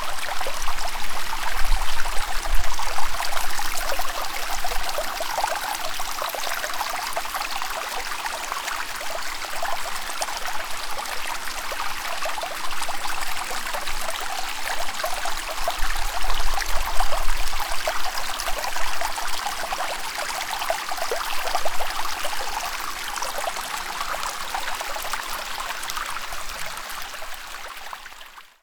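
Spring water runs steadily at a waterfall on a Greek island, a dense, bright rush of splashing and trickling. The flow stays even for the whole half minute, with faint low thumps near the start and around the middle, easing slightly at the end.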